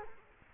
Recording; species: mosquito wingbeat signal from an infrared sensor; Culex quinquefasciatus